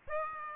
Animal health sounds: mosquito wingbeat signal from an infrared sensor; Aedes aegypti

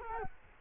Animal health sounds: mosquito wingbeat signal from an infrared sensor; Culex quinquefasciatus

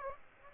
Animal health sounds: mosquito wingbeat signal from an infrared sensor; Aedes aegypti

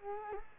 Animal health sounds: mosquito wingbeat signal from an infrared sensor; Culex quinquefasciatus

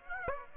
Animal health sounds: mosquito wingbeat signal from an infrared sensor; Aedes aegypti

